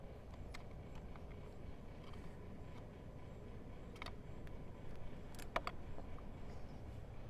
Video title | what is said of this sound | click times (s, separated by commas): How to Cover Up Passenger Peg Holes and How to Put on Can-Am Ryker Hub Cap (Axle) Covers | unless you hear the snap yeah there you go | 5.6 s